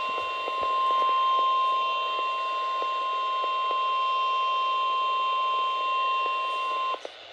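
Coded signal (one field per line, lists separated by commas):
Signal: Emergency Alert System (SAME) tones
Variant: 1050 Hz attention tone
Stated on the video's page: Required weekly test on weather radio station KJY80, audio degraded since it went out of service.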